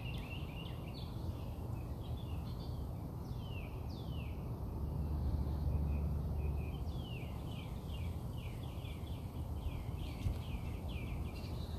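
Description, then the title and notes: Birds chirping, series of short downward-swept chirps repeated in bursts, over heavy low background noise. Recorded outside the narrator's house. "Bird Songs Part Two. More bird songs outside my house"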